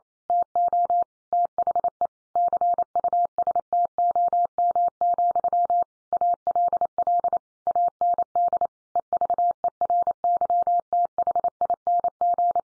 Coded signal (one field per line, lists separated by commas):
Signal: Morse code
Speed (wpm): 28 wpm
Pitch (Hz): 700 Hz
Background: none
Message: TO THE CUSTOM, ALL AND EVERYTHING